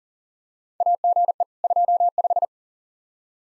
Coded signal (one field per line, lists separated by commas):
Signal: Morse code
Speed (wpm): 39 wpm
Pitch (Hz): 700 Hz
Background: none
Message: AGE 25